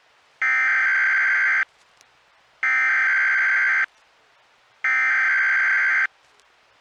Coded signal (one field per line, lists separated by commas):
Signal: Emergency Alert System (SAME) tones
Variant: header bursts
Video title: EAS 2x Tornado Warning/Severe Thunderstorm Warning Southern Ontario Weather Radio Canada